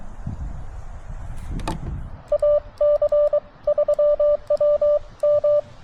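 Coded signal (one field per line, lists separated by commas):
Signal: Morse code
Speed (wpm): 22 wpm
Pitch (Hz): 590 Hz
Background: none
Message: AC3WM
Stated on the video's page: Parks on the Air CW activation from Chenango Valley State Park on a TX-500; poor, unsettled conditions after a solar flare, 20m short skip.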